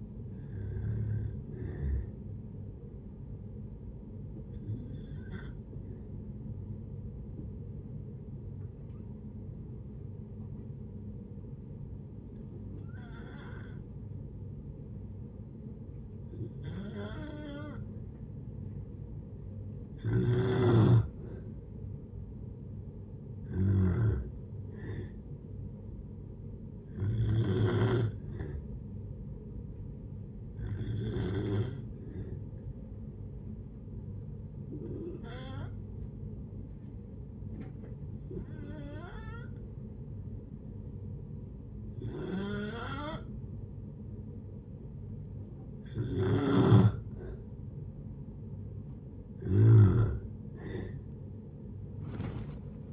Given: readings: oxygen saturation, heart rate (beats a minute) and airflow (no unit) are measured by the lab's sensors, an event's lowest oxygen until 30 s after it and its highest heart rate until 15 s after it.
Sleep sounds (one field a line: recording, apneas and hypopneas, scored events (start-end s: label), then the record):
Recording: breathing in sleep by a smartphone at the bedside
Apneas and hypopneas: 2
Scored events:
6.00-22.00 s: hypopnea (N2, oxygen 95% highest, then 90% lowest)
33.00-48.80 s: hypopnea (N2, oxygen 95% highest, then 91% lowest)
From the record:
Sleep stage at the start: N2 (light sleep)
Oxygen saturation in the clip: 90 to 95%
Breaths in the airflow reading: 13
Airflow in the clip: -6.9 to 9.5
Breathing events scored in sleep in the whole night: 496 in 5.4 hours asleep